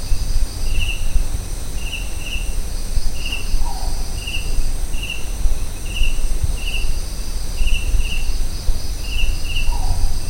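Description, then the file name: Collared scops owl giving a soft, short, falling hoot twice, about six seconds apart, over a steady chorus of high pulsing cricket trills and faint insect buzzing. Recorded at Kaziranga. "collared scops owl Otus lettia, Kaziranga"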